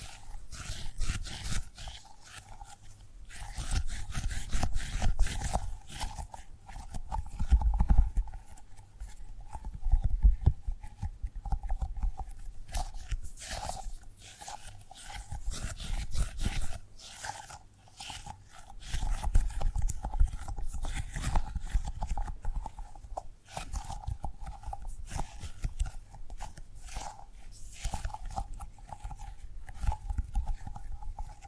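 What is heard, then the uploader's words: Dense tapping and gripping sounds run through the whole recording, quick irregular clicks and knocks with short bursts of rustle. A steady faint tone hums underneath, and low thumps swell in clusters around 5, 10 and 20 seconds. Tapping and Gripping Sounds. No Talking.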